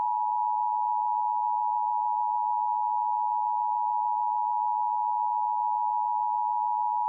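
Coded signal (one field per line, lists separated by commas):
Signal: Emergency Alert System (SAME) tones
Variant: 853 and 960 Hz attention tone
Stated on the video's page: Mock, not real, Tornado Warning alert for NJ, NY and CT with probably valid EAS tones.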